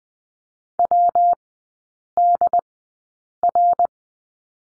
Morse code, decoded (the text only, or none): WDR